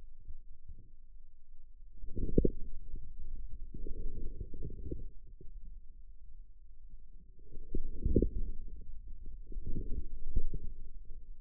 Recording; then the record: forearm muscle sounds (acoustic myography)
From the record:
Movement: outward rotation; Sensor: system 2, bracelet of six BSWA MPA416 microphones around the upper forearm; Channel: 5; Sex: male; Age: 22 years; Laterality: right